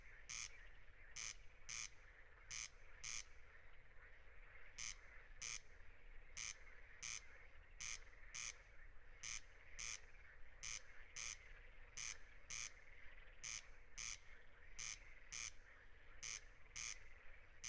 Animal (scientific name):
Crex crex